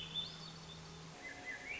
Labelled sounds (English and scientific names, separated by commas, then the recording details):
Swainson's Thrush (Catharus ustulatus)
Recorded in Sonoma County, California